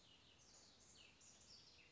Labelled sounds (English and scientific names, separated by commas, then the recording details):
Cassin's Vireo (Vireo cassinii)
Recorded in Sonoma County, California